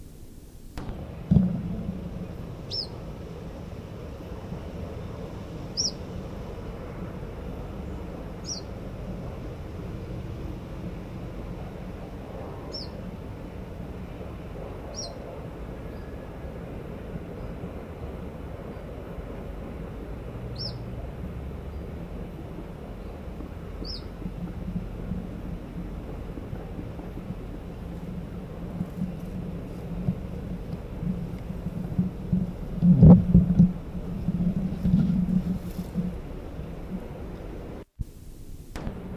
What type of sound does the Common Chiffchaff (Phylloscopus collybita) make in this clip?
call